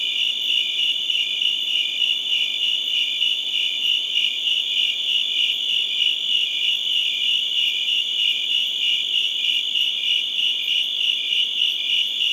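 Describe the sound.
Crickets give a constant high-pitched trill, evenly pulsed and unchanging across the whole stretch.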